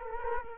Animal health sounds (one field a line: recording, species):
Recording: mosquito wingbeat signal from an infrared sensor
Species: Culex quinquefasciatus